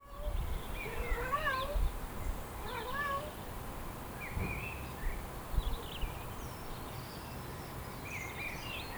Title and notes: Un chat demande entrer à la maison